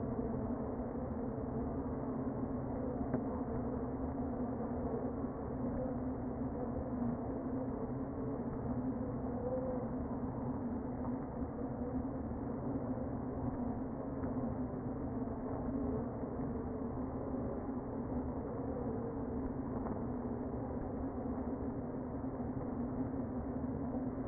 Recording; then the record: honeybee colony, microphone inside the hive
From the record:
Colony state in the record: queen present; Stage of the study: before two queens were removed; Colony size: about 60,000 bees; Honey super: yes